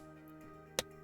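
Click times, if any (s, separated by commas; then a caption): 0.8 s. The plastic head of a Gunpla model kit is pushed onto the torso's neck joint and snaps home, seated. A single sharp, bright click lands at 0.8 s over steady tonal music in the background.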